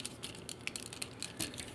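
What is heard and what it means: A stiff plastic arm panel on an MP-33 Masterpiece Cheetor transforming robot figure is hinged further onto the arm, and it is a bit stiff on this copy. Light handling rattles and faint ticks are heard, with brief sharp transients around 0.7 s, 1.0 s and 1.4 s. Nothing has seated or locked into place yet.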